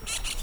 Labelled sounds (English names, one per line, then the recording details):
Brown-throated Parakeet contact call
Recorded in Venezuela
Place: Tumeremo, Edo. Bolivar; Comunidad indigena, escuela de Fe y Alegria
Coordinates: 7.209, -61.364